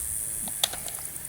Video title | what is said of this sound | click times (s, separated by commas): Safariland Leg holster Review - Good & Bad - Pro and Cons | the gun, oh, it just clicked. | 0.6 s